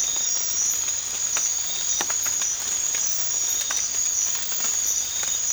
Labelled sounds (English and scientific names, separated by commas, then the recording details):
none
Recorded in pastures near Puerto Asís, Putumayo, Colombia, on 8 March 2025 at 04:30
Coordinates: 0.502, -76.324
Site GP07